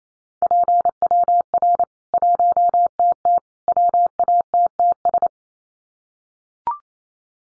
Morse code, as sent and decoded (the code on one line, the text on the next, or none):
.--. .-- .-. / .---- - - / .-- .- - - ...
PWR 1TT WATTS